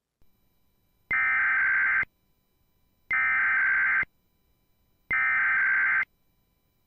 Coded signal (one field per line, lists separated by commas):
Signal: Emergency Alert System (SAME) tones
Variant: header bursts